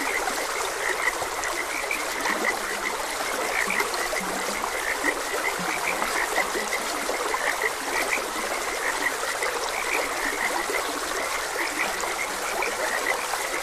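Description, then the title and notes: Frog chorus of many overlapping croaks, busy and unbroken, over the constant babble of running water. Frogs croaking beside a gentle stream. "Gentle Stream and Frogs Croaking. Sleep and Relaxation Podcast"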